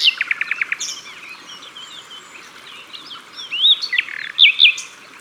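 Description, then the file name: Common nightingale song opening with a quick series of repeated notes, followed by looping whistled slurs and loud rising flourishes; faint birdsong fills the background. Sung at the water's edge. "Rossignol philomele Au bord de leau"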